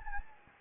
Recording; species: mosquito wingbeat signal from an infrared sensor; Anopheles gambiae